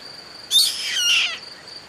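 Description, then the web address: Bird call, a single harsh, buzzy burst lasting almost a second, rich in stacked overtones, over a steady high tone. "BIRD 2015 SABIOD 50 bird 2015"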